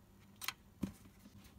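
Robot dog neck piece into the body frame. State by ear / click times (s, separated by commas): seated / 0.4 s, 0.5 s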